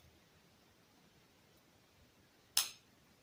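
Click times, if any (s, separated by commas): 2.6 s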